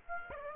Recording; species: mosquito wingbeat signal from an infrared sensor; Aedes aegypti